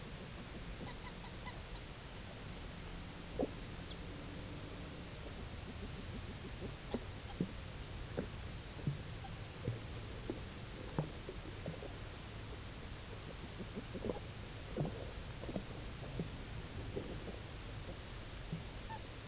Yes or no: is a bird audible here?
yes